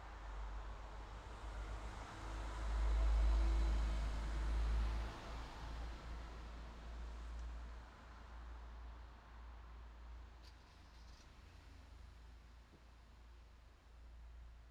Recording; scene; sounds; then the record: everyday scene through a hearing-aid microphone; in traffic; traffic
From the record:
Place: city secondary road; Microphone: in the ear canal, left